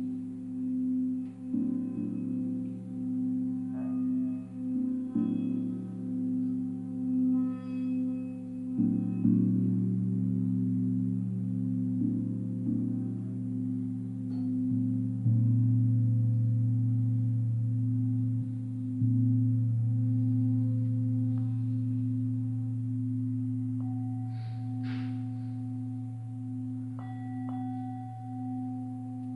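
Tibetan singing bowls ring in a steady, layered drone, with a deep hum and a strong middle tone sustained throughout. Soft strikes refresh the sound every few seconds, and around the midpoint it swells slightly. Thin, brighter overtones shimmer faintly above, especially near the end.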